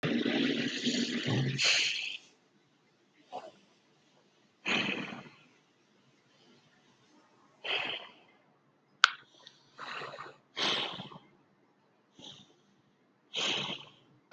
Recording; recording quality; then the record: deep breathing; excellent, no background noise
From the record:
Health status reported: healthy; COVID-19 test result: not tested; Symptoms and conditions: none ticked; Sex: female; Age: 18 years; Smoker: not ticked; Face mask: not worn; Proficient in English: no